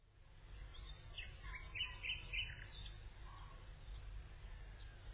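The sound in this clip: Common nightingale singing a brief burst of clear, sharp notes and short slurs in the middle, with constant low background hum.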